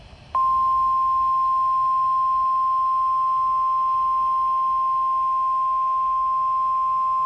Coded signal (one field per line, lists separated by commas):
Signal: Emergency Alert System (SAME) tones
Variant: 1050 Hz attention tone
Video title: Coastal Flood Warning EAS #8 (1/13/24)